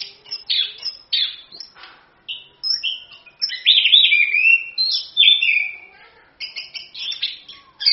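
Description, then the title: Orange-headed thrush song, a rapid run of varied whistled and scratchy phrases, high and busy, with brief pauses between bursts. Singing loudly and continuously; used as a lure to prompt other birds to sing. "ANIS KEMBANG GACOR, ANIS KEMBANG NGEROL, PANCINGAN ANIS KEMBANG BIAR BUNYI"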